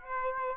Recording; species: mosquito wingbeat signal from an infrared sensor; Aedes aegypti